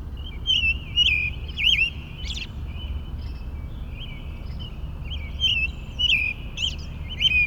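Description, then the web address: Birds in a chorus, many overlapping high chirps, trills and quick twittering notes over a steady low rumble, with brief louder bursts throughout. Morning bird chorus in a suburban park. "boom library Urban and Suburban. Suburban park morning bird chorus"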